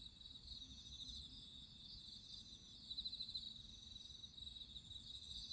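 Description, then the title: Crickets chirring in a steady high-pitched chorus, with pulsed trills rising and falling in loudness and a faint low rumble beneath. Crickets singing at midnight. "nature crickets singing at midnight"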